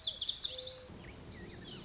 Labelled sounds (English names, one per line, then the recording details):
Lazuli Bunting
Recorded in Sonoma County, California